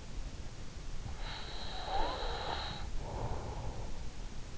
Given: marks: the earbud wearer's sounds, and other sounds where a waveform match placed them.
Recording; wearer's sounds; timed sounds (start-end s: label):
sounds in sleep by an in-ear microphone; breath
1.51-4.14 s: breath